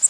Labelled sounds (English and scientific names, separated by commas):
Magnolia Warbler (Setophaga magnolia) flight call